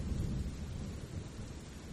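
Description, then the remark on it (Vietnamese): A heavy rainstorm with strong wind: a dense, unbroken roar of rain over a deep, rumbling low end, holding steady and loud throughout with no voices. “Ngoài trời đang mưa to gió lớn, con lo cho tụi nó quá.”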